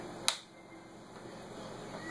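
The bottom corner clip of a plastic bezel on a Lenovo G780 laptop display lid is pressed home during a screen replacement. It gives a single sharp snap at 0.3 s over a low background hum. The clip is seated.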